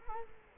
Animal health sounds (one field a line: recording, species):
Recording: mosquito wingbeat signal from an infrared sensor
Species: Culex quinquefasciatus